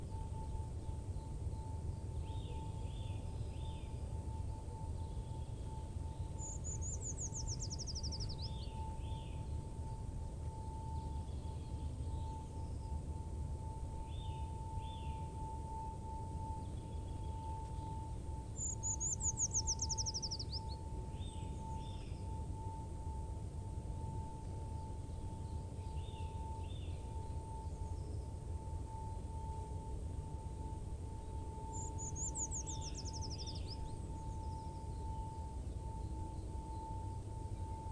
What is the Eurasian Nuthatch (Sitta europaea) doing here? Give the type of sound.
song